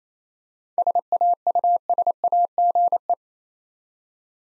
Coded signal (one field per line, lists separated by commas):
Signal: Morse code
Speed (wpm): 28 wpm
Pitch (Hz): 700 Hz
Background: none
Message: SAUSAGE